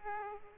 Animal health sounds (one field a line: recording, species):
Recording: mosquito wingbeat signal from an infrared sensor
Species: Aedes aegypti